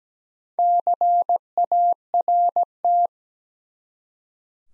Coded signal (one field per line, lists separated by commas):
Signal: Morse code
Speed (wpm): 17 wpm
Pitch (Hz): 700 Hz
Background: none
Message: CART